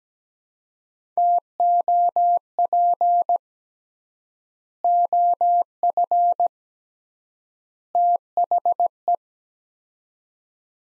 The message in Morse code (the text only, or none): TOP OF THE